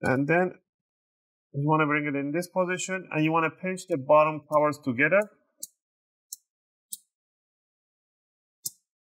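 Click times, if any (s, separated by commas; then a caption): 5.6 s, 6.3 s, 6.9 s, 8.7 s. A plastic bottom cover of a Lenovo ThinkPad T14 Gen 1 laptop is pinched together along its edges so its snap clips lock into the palm rest. Someone talks for the first five seconds, then four sharp clicks are heard at 5.6, 6.3, 6.9 and 8.7 seconds as the clips snap home and the cover is seated.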